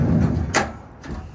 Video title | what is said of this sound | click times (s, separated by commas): Virtual Walkthrough of the 2021 Forest River Salem Hemisphere 36FL Fifth Wheel at Parkland RV Center | Locks into place. | 0.5 s